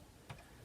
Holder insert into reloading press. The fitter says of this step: and then you just hold it until it snaps,